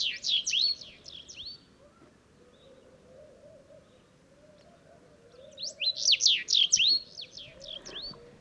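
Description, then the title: Sahara bunting song: two bursts of quick, varied whistled and slurred notes separated by a long pause; a low hum underneath. Several Sahara buntings singing unseen among heaps of stones in the ruins of old Wadan, Mauritania, just after sunrise on 23 February 2019; made with Tlp7 and Mixpre3. "Bruant du Sahara - Mauritanie"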